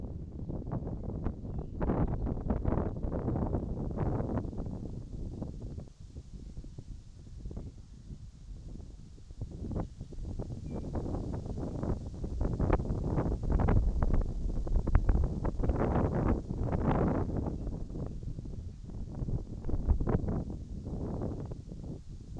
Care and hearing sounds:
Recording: everyday scene through a hearing-aid microphone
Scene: wind on the microphone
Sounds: wind, birds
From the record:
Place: in front of a rural house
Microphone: in the ear canal, right

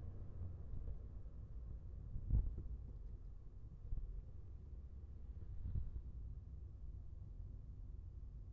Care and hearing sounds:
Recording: everyday scene through a hearing-aid microphone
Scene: in a vehicle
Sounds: engine, rumble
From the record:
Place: Skoda Fabia, gasoline engine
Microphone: behind the ear, left, rear

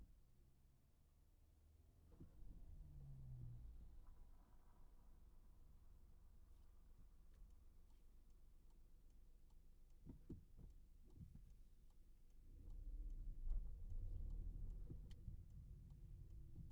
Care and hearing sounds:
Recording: everyday scene through a hearing-aid microphone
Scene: in a vehicle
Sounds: engine, traffic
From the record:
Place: Skoda Fabia, gasoline engine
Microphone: behind the ear, right, front

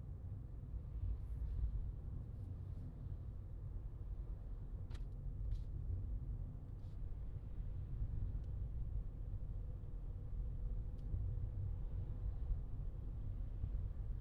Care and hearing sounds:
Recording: everyday scene through a hearing-aid microphone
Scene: in a vehicle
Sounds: engine, highway traffic jam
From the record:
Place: Skoda Fabia, gasoline engine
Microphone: in the ear canal, left

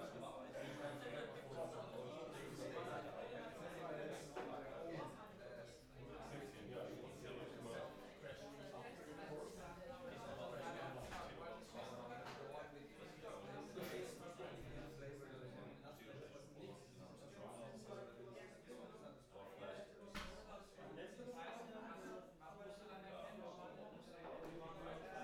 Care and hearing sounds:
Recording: everyday scene through a hearing-aid microphone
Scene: many people talking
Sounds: many voices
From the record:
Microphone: behind the ear, left, front

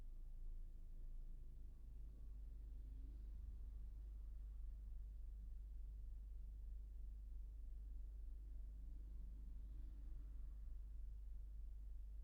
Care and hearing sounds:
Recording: everyday scene through a hearing-aid microphone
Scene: in a vehicle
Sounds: engine idling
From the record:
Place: Berlingo II, diesel engine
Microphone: behind the ear, right, rear

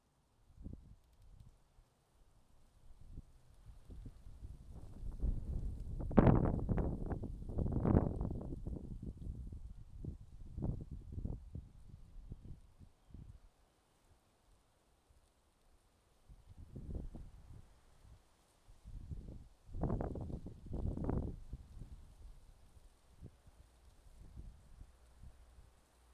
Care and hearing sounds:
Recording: everyday scene through a hearing-aid microphone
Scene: wind on the microphone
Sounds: wind, traffic, birds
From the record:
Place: suburban garden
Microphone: in the ear canal, left

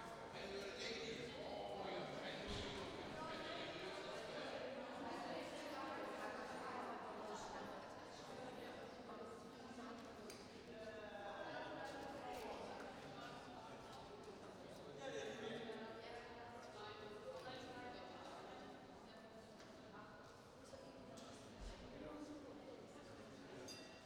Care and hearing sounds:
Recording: everyday scene through a hearing-aid microphone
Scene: reverberant space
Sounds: background noise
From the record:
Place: railway station hall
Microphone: in the ear canal, right

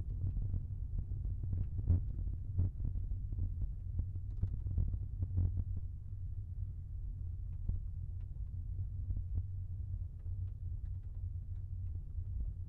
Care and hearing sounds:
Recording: everyday scene through a hearing-aid microphone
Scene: in a vehicle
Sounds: engine, rumble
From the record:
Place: Skoda Fabia, gasoline engine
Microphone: behind the ear, left, rear

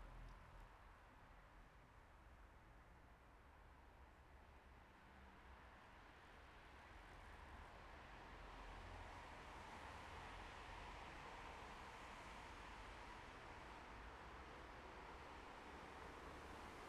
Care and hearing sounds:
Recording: everyday scene through a hearing-aid microphone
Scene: in traffic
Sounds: traffic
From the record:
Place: bus stop on a city main road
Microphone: behind the ear, left, front

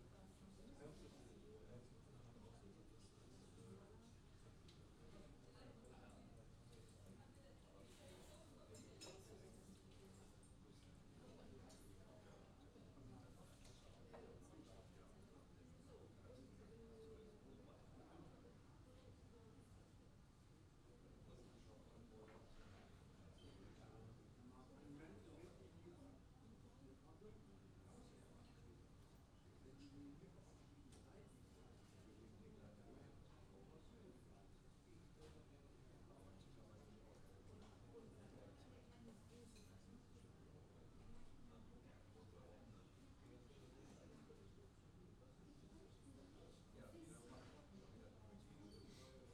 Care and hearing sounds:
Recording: everyday scene through a hearing-aid microphone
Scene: many people talking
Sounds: many voices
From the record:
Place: university cafeteria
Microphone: in the ear canal, left

